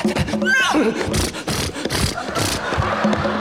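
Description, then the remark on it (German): A coach horse, urged by its driver to hurry, lets out a shrill, quavering whinny that slides downward in pitch early on, set against a loud, busy wash of rumbling and clattering noise that continues to the end. “Und die Pferde beeilen sich.”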